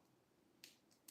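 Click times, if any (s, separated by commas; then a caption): none. A small plastic wheel with a rubber tire is handled against a toy vehicle's axle, with two brief, sharp plastic ticks at about 0.6 s and 1.1 s over a quiet background. Nothing has seated or clicked into place yet; the wheel is not yet home on the axle.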